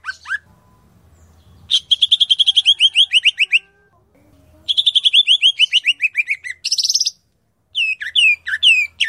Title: Kicau Burung Cucak Jenggot